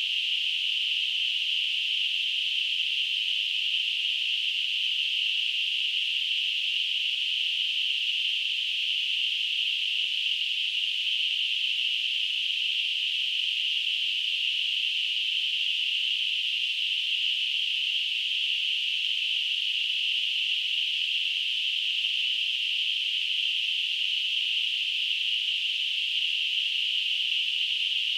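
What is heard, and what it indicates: Simulated tinnitus: a steady, unbroken high-pitched hissing band centred around 3 kHz, constant in loudness throughout, with no low-frequency content.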